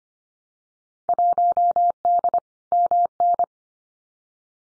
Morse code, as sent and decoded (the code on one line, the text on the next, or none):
.---- -.. / -- -.
1D MN